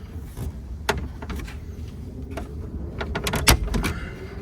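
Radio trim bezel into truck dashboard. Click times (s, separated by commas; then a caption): 0.9 s. A plastic dash trim bezel around a new radio in a Ford F-150 (2004–2008) is lined up by its tabs and slid into the truck dashboard. A sharp, loud click at 0.9 s shows it seating in place, followed by several lighter plastic taps and rattles around 3.0–3.9 s. Someone talks during the clip.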